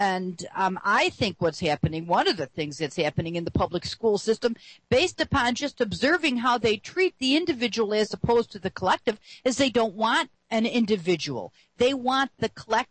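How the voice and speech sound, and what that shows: One adult speaks fluently in a steady, clear voice at a conversational pace with brief pauses; ordinary speech.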